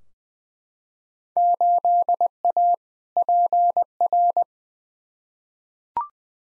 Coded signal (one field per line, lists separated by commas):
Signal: Morse code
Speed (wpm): 20 wpm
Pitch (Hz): 700 Hz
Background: none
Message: 8A PR